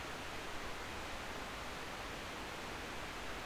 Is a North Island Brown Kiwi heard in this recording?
no